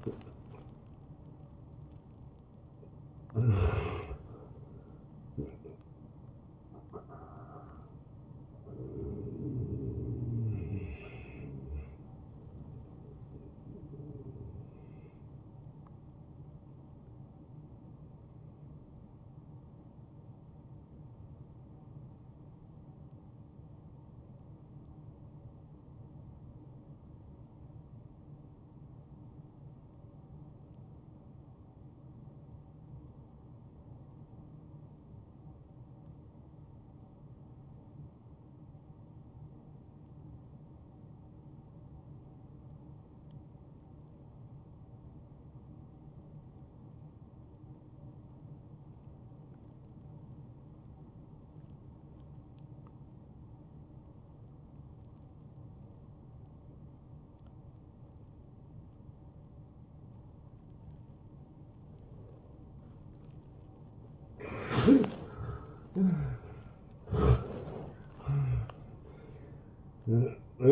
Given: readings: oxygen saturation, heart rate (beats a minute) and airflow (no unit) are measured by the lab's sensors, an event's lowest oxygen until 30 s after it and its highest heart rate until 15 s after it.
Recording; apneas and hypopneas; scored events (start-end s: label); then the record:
breathing in sleep by a smartphone at the bedside; 1
19.00-65.10 s: hypopnea (N1, oxygen 98% highest, then 84% lowest, heart rate 78 at the start, 79 highest)
25.00-70.71 s: new sleep stage, N2 (light sleep)
From the record:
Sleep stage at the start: N1 (lightest sleep); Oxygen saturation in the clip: 81 to 98%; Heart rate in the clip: 54 to 83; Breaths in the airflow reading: 14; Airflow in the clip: -14.1 to 9.4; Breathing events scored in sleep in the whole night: 263 in 5.5 hours asleep